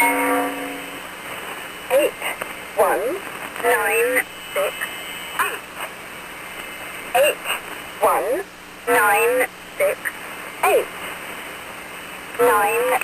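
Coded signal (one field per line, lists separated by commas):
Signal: numbers station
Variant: English female voice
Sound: mechanical female voice reading single digits one by one, about one per second, over static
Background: radio static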